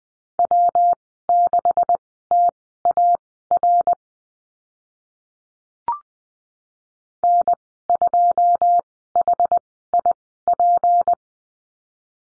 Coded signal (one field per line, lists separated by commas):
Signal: Morse code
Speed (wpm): 20 wpm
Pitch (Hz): 700 Hz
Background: none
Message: W6TAR N2HIP